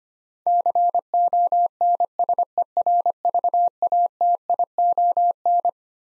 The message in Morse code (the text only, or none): CONSERVATION